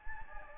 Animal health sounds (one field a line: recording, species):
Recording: mosquito wingbeat signal from an infrared sensor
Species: Anopheles gambiae